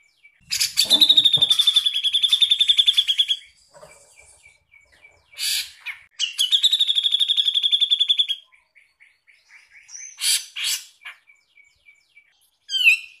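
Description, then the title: Grey-cheeked bulbul singing two extended buzzy, pulsed trills, each lasting about two to three seconds, with scratchy chatters and quiet clipped notes between them. Master recording used for training songbirds. "MASTERAN CUCAK JENGGOT"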